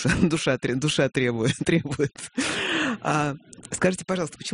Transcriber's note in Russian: смеется